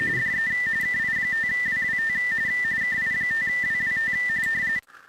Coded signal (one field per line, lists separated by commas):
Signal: RTTY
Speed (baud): 45.45 baud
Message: DE KI5WWT KI5WWT